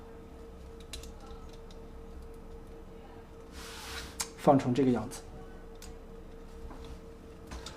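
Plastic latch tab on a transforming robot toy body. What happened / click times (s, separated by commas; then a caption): The plastic tab snapped into its latch / 0.9 s. A plastic latch tab on the body of a plastic Transformers robot figure is pressed shut during transformation and snaps into its latch with a sharp click at 0.9 s, seating it. A louder sharp hit follows at about 4.2 s, then a short burst of clattering, while someone talks.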